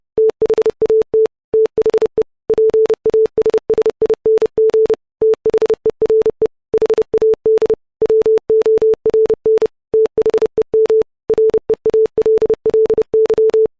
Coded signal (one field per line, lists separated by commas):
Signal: Morse code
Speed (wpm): 30 wpm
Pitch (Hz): 440 Hz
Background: none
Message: THAT THE PASSING THERE HAD WORN THEM REALLY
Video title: Morse Code Sine Wave At 30 WPM